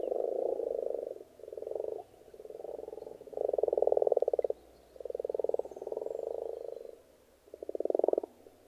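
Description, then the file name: Frogs croaking, rattling pulsed croaks coming in long bursts with short gaps. Frogs in a pond. "benboncan frogs-in-a-pond"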